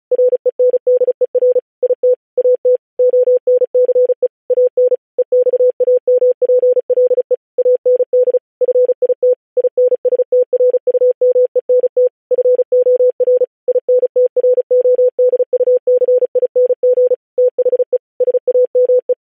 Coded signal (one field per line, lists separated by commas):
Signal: Morse code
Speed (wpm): 36 wpm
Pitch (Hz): 500 Hz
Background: none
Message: RENDER IT AT ONCE AN EXAMPLE AND FIT INSTRUMENT FOR INTRODUCING THE SAME